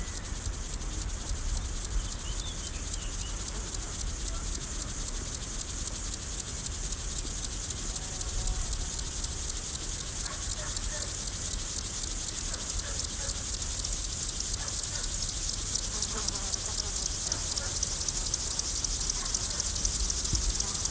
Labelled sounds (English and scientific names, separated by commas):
Upland Field Grasshopper (Chorthippus apricarius) stridulation